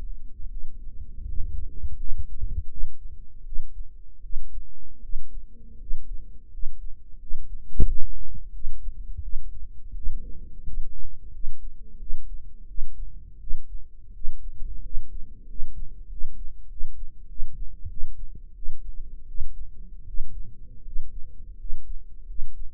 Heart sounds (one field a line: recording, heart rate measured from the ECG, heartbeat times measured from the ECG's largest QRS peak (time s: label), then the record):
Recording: heart sounds by microphone in the right ear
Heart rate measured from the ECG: 85 bpm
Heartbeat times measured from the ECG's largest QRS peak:
0.48 s: heartbeat
1.25 s: heartbeat
1.96 s: heartbeat
2.68 s: heartbeat
3.44 s: heartbeat
4.21 s: heartbeat
5.01 s: heartbeat
5.78 s: heartbeat
6.50 s: heartbeat
7.18 s: heartbeat
7.85 s: heartbeat
8.52 s: heartbeat
9.21 s: heartbeat
9.94 s: heartbeat
10.64 s: heartbeat
11.31 s: heartbeat
11.98 s: heartbeat
12.66 s: heartbeat
13.39 s: heartbeat
14.12 s: heartbeat
14.81 s: heartbeat
15.46 s: heartbeat
16.08 s: heartbeat
16.68 s: heartbeat
17.27 s: heartbeat
17.88 s: heartbeat
18.54 s: heartbeat
19.26 s: heartbeat
20.05 s: heartbeat
20.83 s: heartbeat
21.56 s: heartbeat
22.26 s: heartbeat
From the record:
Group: healthy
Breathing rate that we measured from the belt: 12 breaths a minute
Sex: male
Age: 23 years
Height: 179 cm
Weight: 87 kg